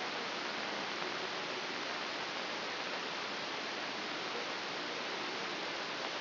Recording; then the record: brain microelectrode recording played as sound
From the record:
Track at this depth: inside the subthalamic nucleus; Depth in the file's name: 2.433 mm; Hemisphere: left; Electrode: 3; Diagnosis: Parkinson's disease